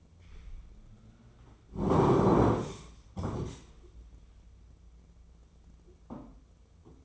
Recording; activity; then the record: daily activity, microphone in the room; sit down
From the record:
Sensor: 1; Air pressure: 996.0 hPa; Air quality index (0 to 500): 238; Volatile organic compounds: 1000 ppm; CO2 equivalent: 6926 ppm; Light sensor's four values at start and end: 34/84/36/43 and 36/88/38/45